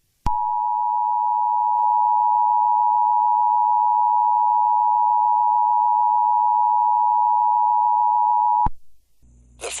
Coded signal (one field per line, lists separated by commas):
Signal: Emergency Alert System (SAME) tones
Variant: 853 and 960 Hz attention tone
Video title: EAS Scenario 36: San Andreas